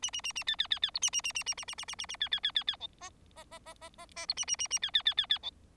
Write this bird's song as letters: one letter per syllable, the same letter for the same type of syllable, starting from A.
A A A A B B B B C A A A A A A A A A A A B B B B B D E E E E E E E C A A A A B B B B B D